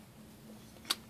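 A 3D-printed plastic handrail clamp for the ISS is unlatched by hand and pulled apart, its latch releasing from the mating half. After a faint low hum, a single sharp, bright click at 0.9 s marks the latch popping open and the clamp coming free.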